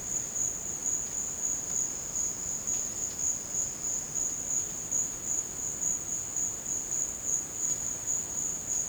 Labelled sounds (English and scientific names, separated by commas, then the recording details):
none
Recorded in dense forest near Puerto Asís, Putumayo, Colombia, on 12 March 2025 at 13:30
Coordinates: 0.486, -76.317
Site G053